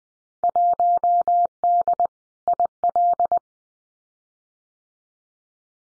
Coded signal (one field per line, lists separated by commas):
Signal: Morse code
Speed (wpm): 20 wpm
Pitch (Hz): 700 Hz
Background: none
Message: 1D IL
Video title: Field Day Exchange 20wpm